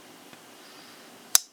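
A Buck 389 Canoe pocket knife blade is moved on its pivot in the handle's spring detent, with quiet low background and a faint tick near 0.3 s. At 1.4 s the blade snaps into place with a single sharp, bright click that rings briefly, and the blade is seated.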